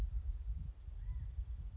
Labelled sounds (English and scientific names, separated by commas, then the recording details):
California Quail (Callipepla californica)
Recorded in Sonoma County, California